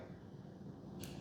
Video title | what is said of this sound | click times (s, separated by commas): Avios - PBY-5A Catalina - 1900mm - Unbox, Build, & Radio Setup | There's your second click. Then that retains it. | 1.0 s